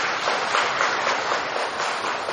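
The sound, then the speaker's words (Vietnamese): Audience applause at a Buddhist dharma talk, given for a correct answer: a dense, steady wash of many hands clapping at once, holding an even, moderately loud level throughout, with no voices over it. “Giỏi, cho tràng pháo tay.”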